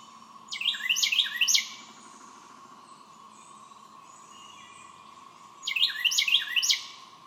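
Carolina wren song: two bursts of three rapid, loud, downward-slurred phrases, separated by about four seconds, over a steady background hum.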